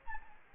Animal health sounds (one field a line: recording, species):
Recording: mosquito wingbeat signal from an infrared sensor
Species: Aedes albopictus